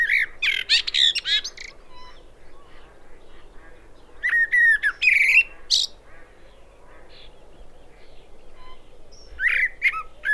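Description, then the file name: Common blackbird song: three separate warbled phrases of fluty notes topped with thin high squeaks, separated by a few seconds of quiet. "Turdus merula"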